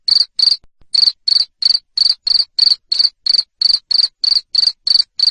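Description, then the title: Cricket sounding shrill, high chirps in quick succession, roughly three a second, after a short early pause. Loud cricket chirping played to stimulate lovebirds into singing continuously. "Suara JANGKRIK NGERIK Keras Bikin LOVEBIRD Jadi NGEKEK Terus Vubey"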